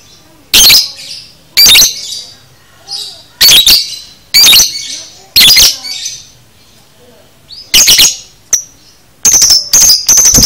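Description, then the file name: Lovebird calls: harsh shrill screeches every second or two, with soft twittering between them and a quick run of piercing notes at the end. Lovebird paud masteran recording, for training cage birds. "masteran lovebird paud"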